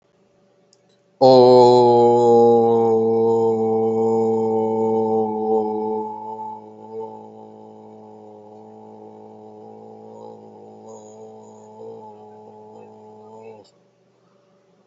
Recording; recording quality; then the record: sustained vowel as in boot; excellent, no background noise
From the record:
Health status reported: healthy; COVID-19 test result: not tested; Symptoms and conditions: none ticked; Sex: male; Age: 33 years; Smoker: yes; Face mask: not worn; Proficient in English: yes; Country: India